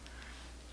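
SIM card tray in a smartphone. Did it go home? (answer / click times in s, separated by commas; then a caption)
released / 0.1 s. An ejector pin is pushed into the hole on the bottom side of a smartphone until the SIM card tray clicks out. One short click is heard at 0.1 s against a steady low hum, and the tray is released.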